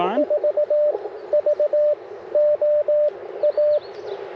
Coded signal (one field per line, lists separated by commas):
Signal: Morse code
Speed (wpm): 21 wpm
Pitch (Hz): 600 Hz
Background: speech, radio noise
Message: 4VOA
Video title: Morning Morse Code - 05/01/2025